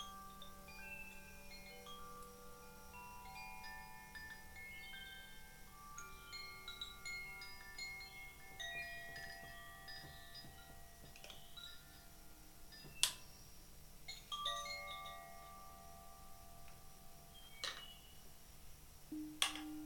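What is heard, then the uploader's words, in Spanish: Singing bowls ring with many overlapping tones, long sustained pitches layered and fading while new strikes keep adding bright ringing notes. A low steady hum sits underneath, and a few sharp clicks or taps stand out near 13, 17.5 and 19.5 seconds. Un viaje entre cuencos y sus armonicos.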